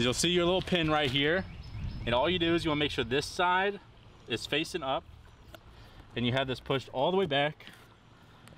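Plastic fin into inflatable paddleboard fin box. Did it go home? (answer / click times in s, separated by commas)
yes / 8.5 s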